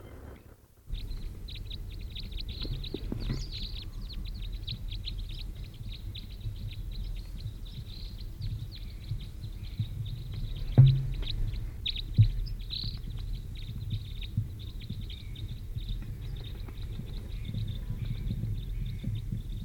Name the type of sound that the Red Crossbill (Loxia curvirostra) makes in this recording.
call